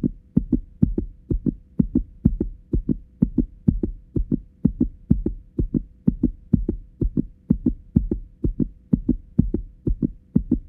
Heart beat sound.